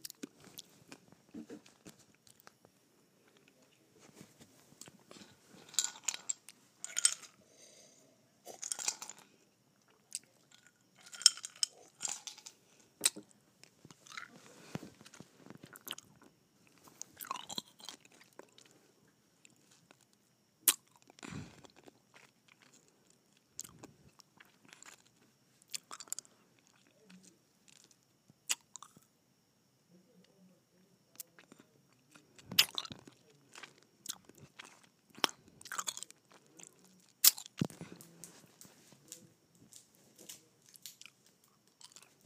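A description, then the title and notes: Someone sucks on and bites ice, with bursts of sharp, bright crunches coming in clusters every few seconds throughout. Between the crunches are quieter wet slurping and crackling sounds, and a few loud snaps stand out around the middle and near the end. ASMR Sucking and Biting Ice.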